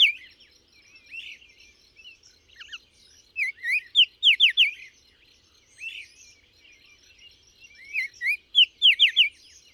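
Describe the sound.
Bird song: twice-repeated phrases building from soft warbles to a rapid run of loud downward-sweeping whistles.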